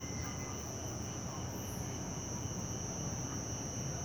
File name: Ambiencia residencial fim de tarde muitos grilos e cigarra, aviao passa longe e devagar, pessoas dentro de casa e morcegos